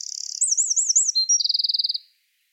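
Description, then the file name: Eurasian wren singing a high, rapid phrase: a fast trill, a quick wavering warble, then a second even, buzzy trill, all very high-pitched and ending abruptly. "Troglodytes troglodytes"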